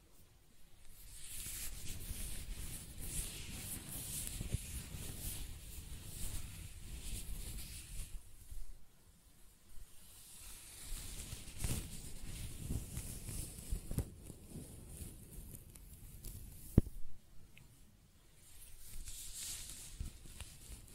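Close-up hair being brushed and stroked, a soft rasping hiss that swells and fades in long strokes with a dull low rub beneath. Brief pauses come near nine and eighteen seconds, and a single sharp tick sounds just before the second pause.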